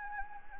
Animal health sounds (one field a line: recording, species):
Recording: mosquito wingbeat signal from an infrared sensor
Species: Anopheles gambiae